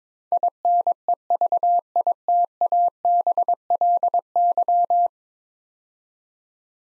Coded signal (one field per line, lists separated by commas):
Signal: Morse code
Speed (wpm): 22 wpm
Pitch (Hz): 700 Hz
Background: none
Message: INEVITABLY